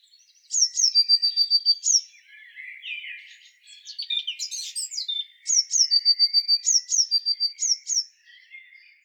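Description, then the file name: Eurasian blue tit calling: fast runs of very high notes, each a sharp downward flick into a steady thin tone, broken by a jumbled, lower twittering passage. "Cyanistes caeruleus"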